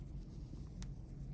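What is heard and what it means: On a vintage Patek Philippe Ellipse 3739 with an integrated gold bracelet, the small release on the folding buckle is used and the bracelet end is fitted into a clasp detent. A sharp, short click at 0.8 s marks the end seating in the clasp, followed by a fainter tick at 1.3 s over low background noise.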